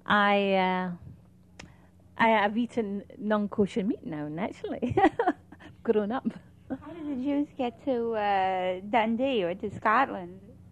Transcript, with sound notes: I have eaten non-kosher meat now, naturally. (laughs)
How did the Jews get to Dundee or to Scotland?